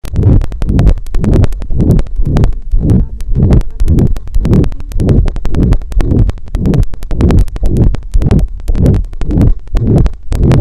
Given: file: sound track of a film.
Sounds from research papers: Heart sounds of patient 8 with congenital heart disease (ventricular septal defect) before surgery recorded by Auscul Pi. Loud holosystolic murmurs can be heard.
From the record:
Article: A Low-Cost, Ear-Contactless Electronic Stethoscope Powered by Raspberry Pi for Auscultation of Patients With COVID-19: Prototype Development and Feasibility Study

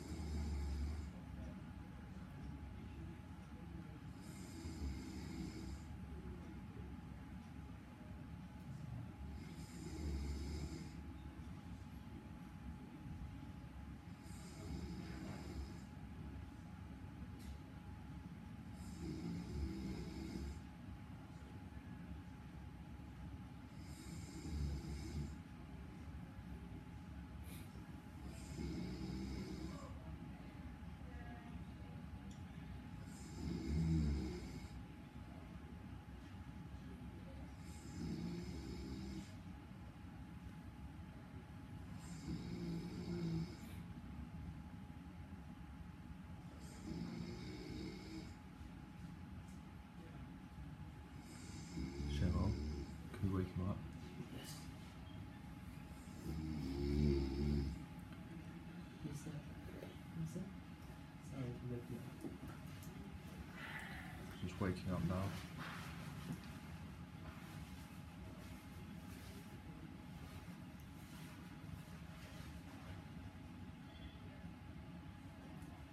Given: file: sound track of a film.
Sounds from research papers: Patient is snoring and clearly asleep. ERNA is observed with relatively consistent low amplitude. The researchers wakethe patient up, this can be heard as the snoring stops. As the patient wakes up, the ERNA amplitude increases significantly. There is a very clear difference between ERNA amplitude while asleep and while awake.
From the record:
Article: Stimulation‐Evoked Resonant Neural Activity in the Subthalamic Nucleus Is Modulated by Sleep

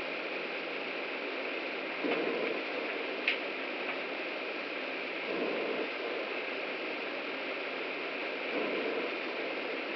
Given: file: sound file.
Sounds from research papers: Recording of breath sounds from a sensor located over the right mid-lung region of a representative animal during mechanical ventilation without PEEP before induction of lung injury.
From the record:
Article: Effect of PEEP on breath sound power spectra in experimental lung injury

